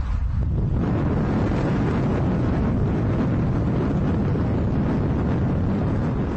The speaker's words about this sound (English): So you recorded the sound of a car driving at 95 miles an hour.